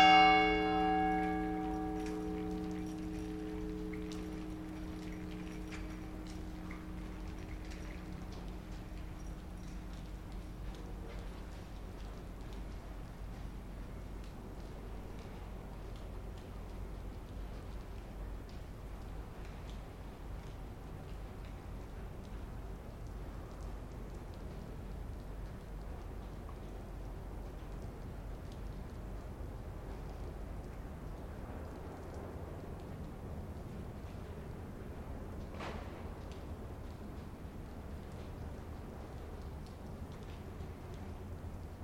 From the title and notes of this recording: Piazza San Marco before dawn with light rain. Facing St Mark's Basilica where slight wind plays with ropes on a tall iron flagpoles. Location: Venice - Piazza San Marco, Italy.